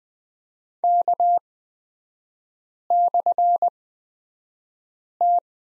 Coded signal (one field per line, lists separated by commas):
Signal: Morse code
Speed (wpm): 20 wpm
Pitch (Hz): 700 Hz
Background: none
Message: K/T